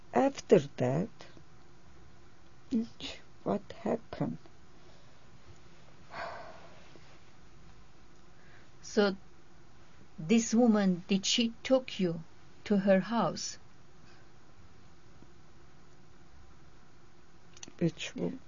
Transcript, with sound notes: After that what happened? ( she sighs )
So this woman, did she took you to her house?
Which woman?